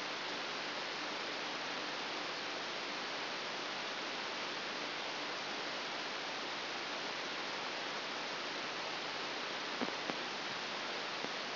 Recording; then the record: brain microelectrode recording played as sound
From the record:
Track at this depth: inside the subthalamic nucleus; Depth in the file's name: 0.01 mm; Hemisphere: right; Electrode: 3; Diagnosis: Parkinson's disease